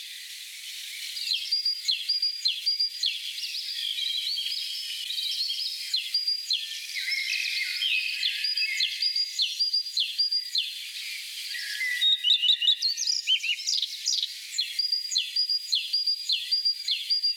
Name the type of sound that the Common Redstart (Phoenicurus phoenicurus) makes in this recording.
song